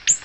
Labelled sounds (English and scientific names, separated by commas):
Ovenbird (Seiurus aurocapilla) flight call